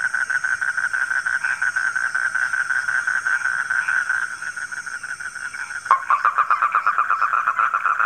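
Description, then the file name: Frog chorus of trilling, pulsed croaks that softens, then jumps louder with sharper rattling pulses near the end. Frogs calling at night. "suara kodok di malam hari"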